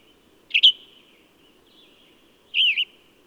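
Bird song of two warbled chirps, the second longer and wavering, about two seconds apart over a soft hum.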